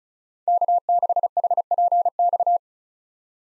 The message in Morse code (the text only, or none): K6HPX